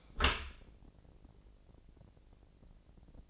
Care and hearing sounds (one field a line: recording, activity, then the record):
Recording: daily activity, microphone in the room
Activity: close dishwasher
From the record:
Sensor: 5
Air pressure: 1012.4 hPa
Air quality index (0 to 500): 159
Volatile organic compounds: 2 ppm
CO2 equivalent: 1081 ppm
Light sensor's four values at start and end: 112/268/114/128 and 112/269/114/129